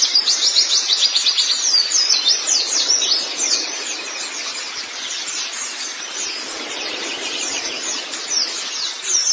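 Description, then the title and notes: White-eye song, fast high chirping twitters, loudest over the first few seconds, then a softer stretch. "Kicauan Burung Pleci Durasi Panjang. Suara kicauan burung pleci"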